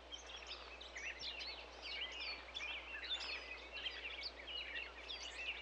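Bird calls: many quick chirps and twitters in a continuous, fairly soft stream over a steady low hum.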